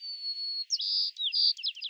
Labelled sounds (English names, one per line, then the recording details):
White-crowned Sparrow song
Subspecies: nuttalli
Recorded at San Simeon, California, in 2014
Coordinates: 35.663, -121.264
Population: south
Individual SANS_maleD